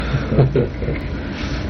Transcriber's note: laughter